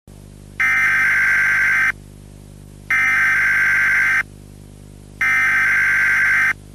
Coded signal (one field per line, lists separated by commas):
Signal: Emergency Alert System (SAME) tones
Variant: header bursts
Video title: EAS Scenario: Freddy Fazbear Pizzeria Break Out